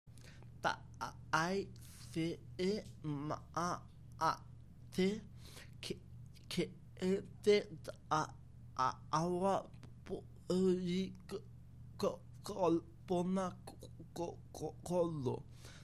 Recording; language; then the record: elicited speech; Bengali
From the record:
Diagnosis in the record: Broca's or global aphasia after a stroke